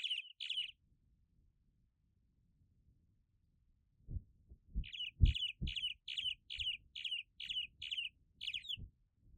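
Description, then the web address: Cuban martin calls, short harsh chirps in two bursts with a long gap between, repeated about twice a second, with low thuds underneath. "Cuban martin. صدای-پرنده-چلچله-کوبایی"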